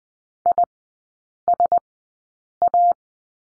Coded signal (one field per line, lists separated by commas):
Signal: Morse code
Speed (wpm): 20 wpm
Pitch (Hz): 700 Hz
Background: none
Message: ISA